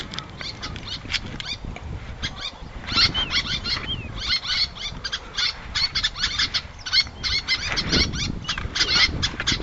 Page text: Albert Lastukhin - Малая крачка (Sterna albifrons)